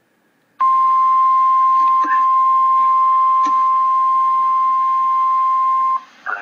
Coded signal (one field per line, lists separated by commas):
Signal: Emergency Alert System (SAME) tones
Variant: 1050 Hz attention tone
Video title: REAL EAS 431-Severe thunderstorm warning